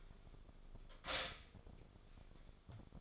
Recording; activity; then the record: daily activity, microphone in the room; stop toaster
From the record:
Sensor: 5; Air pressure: 1004.3 hPa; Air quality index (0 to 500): 167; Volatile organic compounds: 4 ppm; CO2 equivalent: 1569 ppm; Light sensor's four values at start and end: 33/107/40/41 and 33/108/40/41